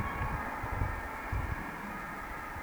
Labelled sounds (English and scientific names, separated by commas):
Eurasian Woodcock (Scolopax rusticola) whistle